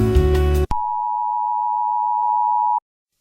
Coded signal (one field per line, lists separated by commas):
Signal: Emergency Alert System (SAME) tones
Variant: 853 and 960 Hz attention tone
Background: music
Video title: The EVR Storm (an EAS Mock based of Dayz Namalsk)